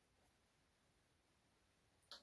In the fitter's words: On enfile dedans, ça fait clic, puis là, tout est prêt pour coudre.